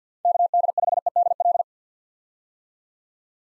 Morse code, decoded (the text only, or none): KD5EDL